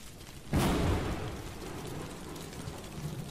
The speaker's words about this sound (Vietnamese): Một tiếng sấm nổ rung chuyển cả trời đất, mặt đất nứt ra thành những rãnh sâu hoắm, khiến cho mọi người không thể tiếp tục quỳ gối cầu nguyện được nữa.